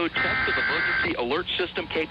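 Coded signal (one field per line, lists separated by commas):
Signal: Emergency Alert System (SAME) tones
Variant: header bursts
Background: speech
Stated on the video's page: EAS alarm test recreation taken from a national EAS test broadcast.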